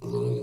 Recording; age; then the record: pig call; weaner (32 to 43 days)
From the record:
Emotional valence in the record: negative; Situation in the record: short isolation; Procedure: open field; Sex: female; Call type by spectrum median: low-frequency call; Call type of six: low-frequency stable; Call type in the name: low-frequency stable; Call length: 0.43 s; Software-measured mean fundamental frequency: 59 Hz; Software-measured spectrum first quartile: 134 Hz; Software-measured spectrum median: 288 Hz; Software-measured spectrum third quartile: 439 Hz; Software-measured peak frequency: 405 Hz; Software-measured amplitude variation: 108 dB a second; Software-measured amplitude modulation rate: 25.8 a second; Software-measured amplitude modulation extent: 4.2 dB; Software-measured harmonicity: -0.3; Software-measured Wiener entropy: -0.34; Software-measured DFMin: 732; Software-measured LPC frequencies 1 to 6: 401, 1039, 2531, 3983, 4363, 5869 Hz